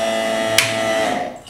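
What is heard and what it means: A Medlok pipe fitting is inserted into the head of an axial swaging tool and swaged onto the tube, with a steady tonal hum running throughout. A sharp click at 0.6 s confirms that the fitting is fully swaged, and the hum then fades toward the end.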